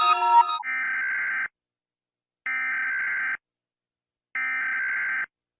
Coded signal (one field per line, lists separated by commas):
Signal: Emergency Alert System (SAME) tones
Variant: header bursts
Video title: Rating EAS Alerts (Remade) (1 year anniversary) (A-Z)